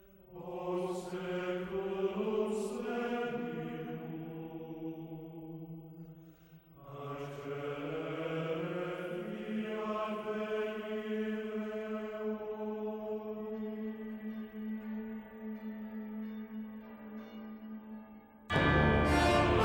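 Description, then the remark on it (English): A sweeping orchestral overture for an animated film about Notre-Dame de Paris, with sustained swelling chords and a few struck church bell tones ringing over them, ending in a sudden loud, full burst. “Alan Menken donne libre cours à une imagination débordante. La voici, cette ouverture.”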